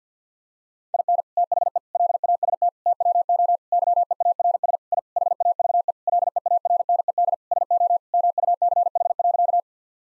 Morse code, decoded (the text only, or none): IN THE LAST TWO YEARS I HAVE LEARNED SO MUCH.